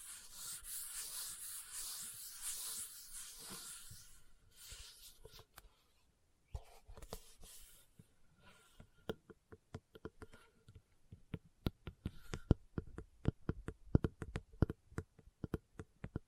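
Leather is scratched for the first four seconds, a steady dry rasping with a slightly pulsing rhythm. After a brief pause, sharp taps on the leather take over, sparse at first and then coming faster and louder toward the end, with faint rubbing between them.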